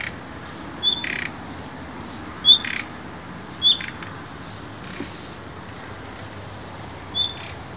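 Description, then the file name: Common nightingale calls: a short high whistled note, the first three followed by a soft buzzy rasp, repeated four times at uneven intervals over steady background hiss. "Luscinia megarhynchos"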